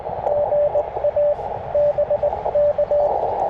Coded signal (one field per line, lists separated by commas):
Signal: Morse code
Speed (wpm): 21 wpm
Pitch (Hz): 590 Hz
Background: radio noise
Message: GA BK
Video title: QRP CW POTA Activation with FT-817ND & Chelegance MC-750 (K-4451)